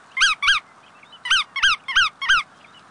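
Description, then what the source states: Bar-tailed godwit calls: six nasal rising-then-falling notes, a pair, then after a pause a run of four. Pigeon-sized shorebird; makes a 7,200-mile non-stop autumn flight from western Alaska to New Zealand in 8 or 9 days, more than doubling its weight in fat in about two weeks beforehand.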